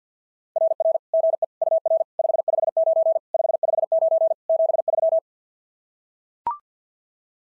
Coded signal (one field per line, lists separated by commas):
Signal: Morse code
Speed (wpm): 46 wpm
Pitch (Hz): 660 Hz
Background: none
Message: RR GE UR 559 559 73